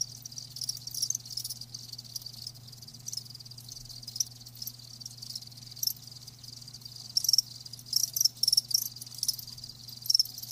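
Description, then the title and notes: Crickets trilling high and continuously, with louder chirp bursts toward the end, over a faint low drone. Live crickets, offered as a lulling song to help with sleep. "Live Crickets Chirping. Enjoy the lulling song of crickets"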